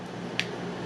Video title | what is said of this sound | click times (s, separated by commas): @JBL Everest Elite 750NC headphones unboxing & Review | locks into place and then you turn it to the proper location again | 0.4 s